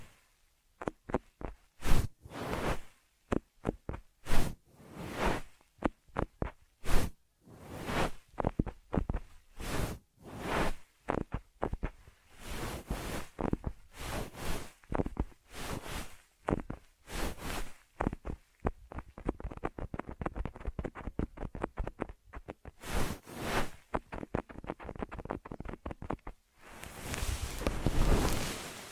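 Ear massage triggers made of rapid, irregular rubbing and brushing strokes that fill the whole range from low thumps to bright hiss. Short bursts come several times a second with brief gaps, and a steadier, continuous rush of scratching takes over in the last few seconds.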